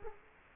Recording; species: mosquito wingbeat signal from an infrared sensor; Culex quinquefasciatus